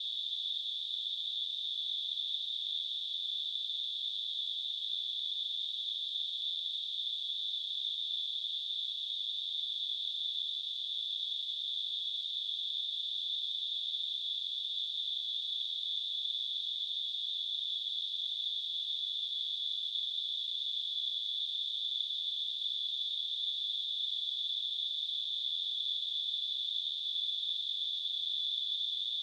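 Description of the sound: A steady, unbroken high-pitched tone around 3 to 4 kHz, blended with a faint hiss, holds unchanged for about 29 seconds. It simulates tinnitus, the constant ringing or whistling heard by a person with the condition.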